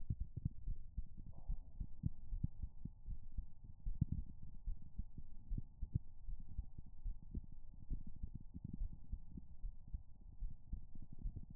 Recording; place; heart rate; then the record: heart sounds by stethoscope; pulmonary valve (PV); 72 bpm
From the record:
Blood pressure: 101/57 mmHg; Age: 28 years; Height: 164 cm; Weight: 64 kg